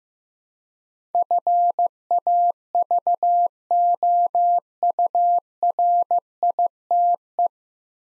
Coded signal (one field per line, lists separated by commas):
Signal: Morse code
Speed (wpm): 15 wpm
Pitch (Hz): 700 Hz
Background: none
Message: FAVOURITE